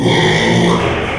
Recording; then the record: squeal of a Yucatan mini pig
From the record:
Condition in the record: after surgery on the right vocal fold (resection and tissue-engineered implant); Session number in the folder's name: 1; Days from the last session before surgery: 6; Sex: male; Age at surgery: 12 weeks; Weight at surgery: 13 kg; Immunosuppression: cyclosporine, prednisolone